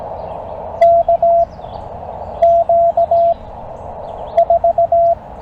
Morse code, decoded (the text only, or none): KQ4